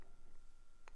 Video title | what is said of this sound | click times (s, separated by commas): divMMC + Spectrum | it's basically just a case of sliding in and pressing it until it clicks then let go and that is now loaded in | 0.9 s